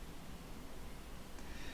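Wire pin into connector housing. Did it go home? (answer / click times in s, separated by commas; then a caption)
no / none. A wire pin is pushed back into a small plastic connector on a Diatone GT-R90 micro drone, with only faint rustling and steady low background noise heard. No click sounds, and the pin has not seated in the connector yet.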